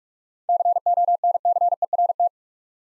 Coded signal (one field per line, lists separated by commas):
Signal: Morse code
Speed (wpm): 46 wpm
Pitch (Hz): 700 Hz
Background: none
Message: CONCERT